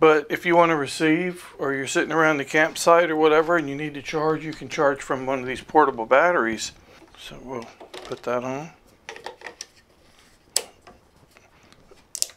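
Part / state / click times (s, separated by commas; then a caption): battery pack onto portable HF transceiver / seated / 12.2 s. Someone talks, then a battery pack is pushed firmly onto the back of a portable HF transceiver, with a few small handling knocks. It seats with a tight double click at 12.2 and 12.2 seconds.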